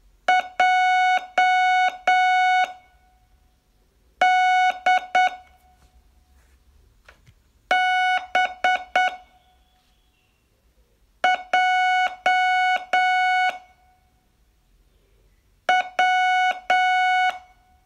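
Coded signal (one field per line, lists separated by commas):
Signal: Morse code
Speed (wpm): 8 wpm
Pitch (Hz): 740 Hz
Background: none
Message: J D B J W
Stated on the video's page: Day 18 of a 42-day Morse training course.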